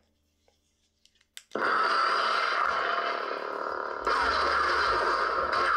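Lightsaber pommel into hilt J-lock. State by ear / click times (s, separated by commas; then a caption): seated / 1.4 s. The pommel of an Ultimate Works Ronin (Proffie v2.2) lightsaber is pushed into the hilt and rotated until its spring-loaded pin drops into the notch of the J-lock mechanism. A few faint ticks at 1.0 s and 1.2 s lead to a sharp click at 1.4 s as the pommel seats, then a loud, steady broadband sound begins at 1.5 s and runs to the end, growing louder at about 4.1 s.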